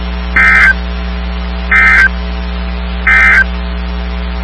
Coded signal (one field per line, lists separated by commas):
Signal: Emergency Alert System (SAME) tones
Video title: EAS 2409-2416 (10/4 & 10/5/23)